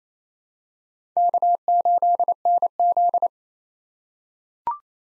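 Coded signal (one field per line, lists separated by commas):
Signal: Morse code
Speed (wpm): 27 wpm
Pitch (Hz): 700 Hz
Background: none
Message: K8NZ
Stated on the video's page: Four-character random letter-number practice groups at 28 wpm, each sent in Morse, spoken, then sent again, for head-copy training.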